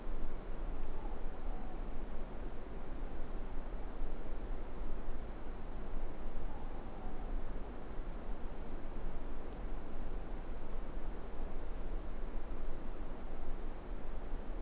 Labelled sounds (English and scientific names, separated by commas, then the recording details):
Morepork (Ninox novaeseelandiae) more-pork call
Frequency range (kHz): Morepork (Ninox novaeseelandiae) 0.7-1.0 kHz
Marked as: faintness 4/5
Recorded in New Zealand
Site Eglinton